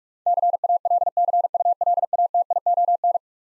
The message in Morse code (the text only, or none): CALCULATION